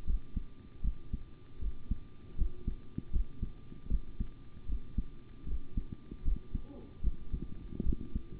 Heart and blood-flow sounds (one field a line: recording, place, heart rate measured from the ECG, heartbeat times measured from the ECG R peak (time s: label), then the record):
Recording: heart sounds by stethoscope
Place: between the tricuspid and mitral areas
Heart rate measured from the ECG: 77 bpm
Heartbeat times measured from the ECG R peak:
0.05 s: heartbeat
0.82 s: heartbeat
1.59 s: heartbeat
2.36 s: heartbeat
3.11 s: heartbeat
3.88 s: heartbeat
4.66 s: heartbeat
5.46 s: heartbeat
6.23 s: heartbeat
7.01 s: heartbeat
7.83 s: heartbeat
From the record:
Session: rest, sitting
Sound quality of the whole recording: good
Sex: male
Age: 25 years